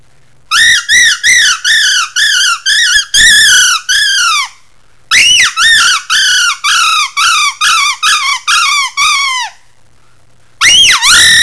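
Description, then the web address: Songbird giving distress calls: loud harmonic squawks, each arched then falling, in rapid series of about two per second, with pauses between bursts. "song birds protodistress"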